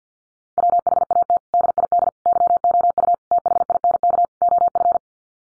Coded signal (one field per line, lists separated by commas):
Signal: Morse code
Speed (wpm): 50 wpm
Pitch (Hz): 700 Hz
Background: none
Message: WHAT DID YOU THINK OF